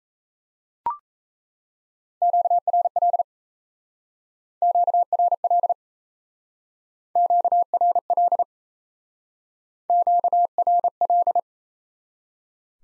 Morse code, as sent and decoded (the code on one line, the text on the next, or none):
--.- .-. .-.. / --.- .-. .-.. / --.- .-. .-.. / --.- .-. .-..
QRL QRL QRL QRL